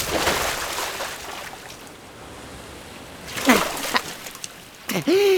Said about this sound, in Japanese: うわっ、おっきい波来た。